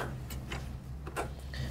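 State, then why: Seated. A DDR3 server memory module is pressed down into the first DIMM slot of an HP Z820 workstation, with two sharp clicks at 0.5 s and 1.5 s as both plastic retention tabs snap closed. Fainter ticks come at 0.3 s and 1.1 s over a steady low hum. The tabs latch and pull the module down flush, so it is fully seated.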